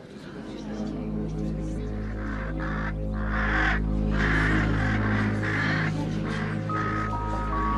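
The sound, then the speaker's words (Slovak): Ravens caw in a series of harsh, rasping calls, roughly six bursts in steady succession, over a loud, sustained low musical drone that holds throughout. “Mamo, veď tie havrany sa na mládencov premenili.”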